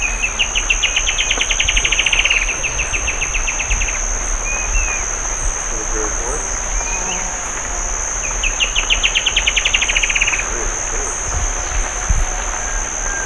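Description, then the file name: Bird giving buzzy trilled calls, two long bursts with a few short chirps between, over a constant high insect-like whine. "SABIOD 50 bird 2015"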